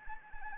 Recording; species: mosquito wingbeat signal from an infrared sensor; Anopheles arabiensis